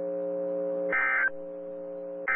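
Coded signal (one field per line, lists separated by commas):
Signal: Emergency Alert System (SAME) tones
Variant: end-of-message bursts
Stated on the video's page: Tornado warnings received on NOAA Weather Radio.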